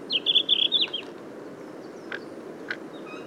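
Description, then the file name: Red-flanked bluetail giving a single quick warbled phrase of high whistled notes, followed by a couple of faint clicks and soft chirps over low rumble. "Tarsiger cyanurus song"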